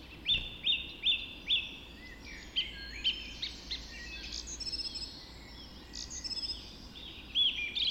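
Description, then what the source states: Birds in a dawn chorus, several singers overlapping; four sharp whistled notes open it, followed by varied chirps, trills and warbles over steady background hiss. Dawn chorus recorded just after dawn in the Forest of Dean.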